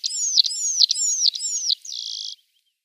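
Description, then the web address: Red-throated Pipit singing four thin, high whistles that slide downward, each repeated at an even pace, ending with a dry buzzy note. "Schulze Peter Red-throated Pipit song"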